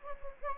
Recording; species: mosquito wingbeat signal from an infrared sensor; Anopheles gambiae